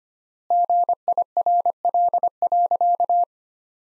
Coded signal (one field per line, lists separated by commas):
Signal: Morse code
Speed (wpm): 25 wpm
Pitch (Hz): 700 Hz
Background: none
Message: GIRL.